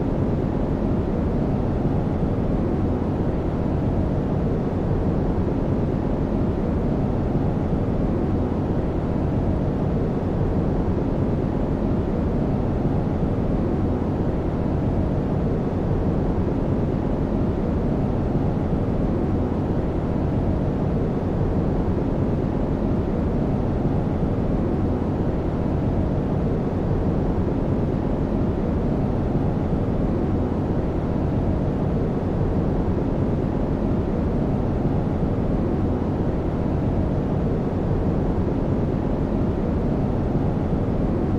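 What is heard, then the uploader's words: A steady white-noise-style hiss and rumble runs unchanged for the whole stretch, weighted toward a deep, dense low end with a softer bright layer above. There are no distinct events; it resembles the constant drone of a distant engine or cabin. White Noise Sounds.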